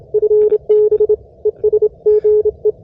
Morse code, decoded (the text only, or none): FB ES GE